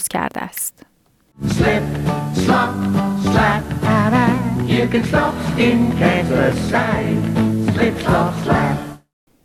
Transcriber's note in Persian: صدای آگهی کارزار Slip Slop Slap مربوط به دهه ۱۹۸۰